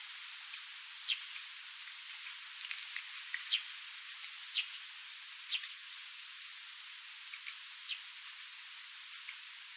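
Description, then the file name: Hawfinch call notes: many brief, clipped, high-pitched ticks, some doubled, scattered irregularly across the recording against a soft background hiss. "Coccothraustes coccothraustes"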